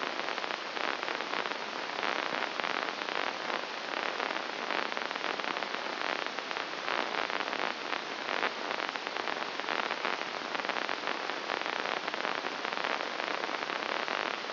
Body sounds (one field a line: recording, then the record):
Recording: brain microelectrode recording played as sound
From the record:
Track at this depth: inside the subthalamic nucleus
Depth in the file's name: 3.502 mm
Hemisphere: left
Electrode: 2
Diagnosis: Parkinson's disease